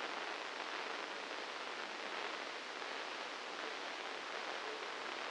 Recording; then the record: brain microelectrode recording played as sound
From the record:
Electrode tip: inside the subthalamic nucleus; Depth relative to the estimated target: 1 mm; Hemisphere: left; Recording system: NeuroSet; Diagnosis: Parkinson's disease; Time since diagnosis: 9 years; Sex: male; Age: 56 years